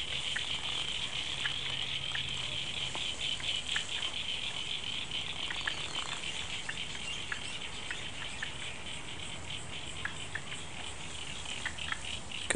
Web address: 2011 02 ds 106 field recording frogs after rain